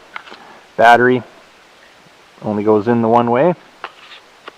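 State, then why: Not seated. A flight battery pack is handled and slid toward the battery bay of a URANHUB G30 GPS drone; it fits in only one way. Someone talks over faint handling ticks near 0.2, 3.8 and 4.5 seconds. Nothing has seated or clicked yet.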